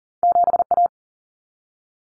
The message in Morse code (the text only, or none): 7A